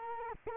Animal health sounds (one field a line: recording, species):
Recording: mosquito wingbeat signal from an infrared sensor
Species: Culex quinquefasciatus